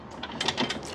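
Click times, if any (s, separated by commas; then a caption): 0.4 s, 0.5 s. The folding platform of a hitch-mounted e-bike rack, unlocked by turning a small pin device and squeezing the handle, is lowered from vertical to horizontal on the hitch mount. Sharp metallic clacks sound at 0.4 s and 0.5 s as its latch locks the platform into its lowered position.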